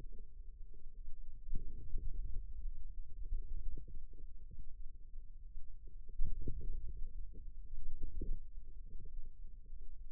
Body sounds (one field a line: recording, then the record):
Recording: forearm muscle sounds (acoustic myography)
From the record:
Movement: wrist flexion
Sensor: system 2, bracelet of six BSWA MPA416 microphones around the upper forearm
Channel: 6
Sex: female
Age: 22 years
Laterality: right